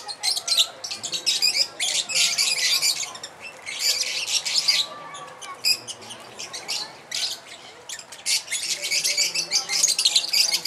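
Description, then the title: Lovebird calls: nonstop shrill, high-pitched chattering in fast, scratchy bursts, briefly easing midway before resuming at full intensity. Lovebird mating call, used as a lure. "Suara Lovebird Kawin Untuk Pancingan"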